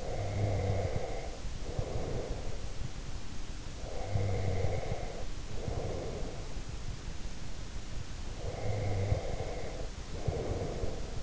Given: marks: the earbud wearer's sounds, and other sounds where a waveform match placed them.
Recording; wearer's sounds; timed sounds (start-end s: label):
sounds in sleep by an in-ear microphone; breath
0.00-2.66 s: breath
3.89-6.62 s: breath
8.37-11.23 s: breath